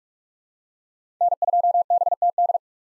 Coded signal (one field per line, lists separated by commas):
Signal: Morse code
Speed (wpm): 43 wpm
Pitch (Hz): 700 Hz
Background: none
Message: N2BTD